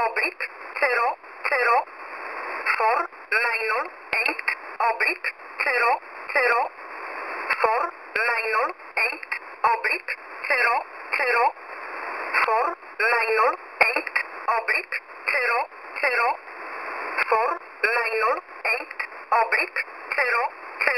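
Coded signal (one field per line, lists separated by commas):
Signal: numbers station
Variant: E11 Oblique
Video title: E11 Oblique 22/10/2023 0700 UTC 9079kHz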